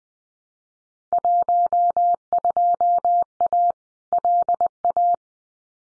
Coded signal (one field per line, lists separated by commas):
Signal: Morse code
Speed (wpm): 20 wpm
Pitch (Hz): 700 Hz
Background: none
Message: 12A LA